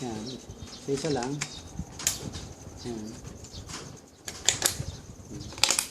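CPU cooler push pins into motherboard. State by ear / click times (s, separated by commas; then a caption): seated / 4.5 s, 5.6 s. Plastic CPU cooler push pins are pressed repeatedly into a motherboard while someone talks. Loud sharp clicks ring out at 4.5 s and 5.6 s as the pins lock into place, seated but still needing to be pushed firmly.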